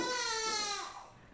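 A single high-pitched infant wail, falling in pitch and fading over about a second; ordinary baby crying indoors.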